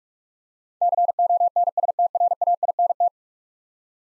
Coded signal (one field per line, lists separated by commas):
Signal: Morse code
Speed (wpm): 47 wpm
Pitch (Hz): 700 Hz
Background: none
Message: CONSTRAINT